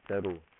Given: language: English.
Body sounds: throat vibration sensor signal played as sound; speech

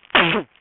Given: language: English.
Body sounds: throat vibration sensor signal played as sound; cough

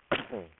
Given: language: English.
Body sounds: throat vibration sensor signal played as sound; cough

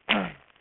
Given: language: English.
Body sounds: throat vibration sensor signal played as sound; throat clearing

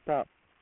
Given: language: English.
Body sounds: throat vibration sensor signal played as sound; speech

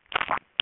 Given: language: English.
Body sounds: throat vibration sensor signal played as sound; swallow

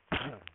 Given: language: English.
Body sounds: throat vibration sensor signal played as sound; cough

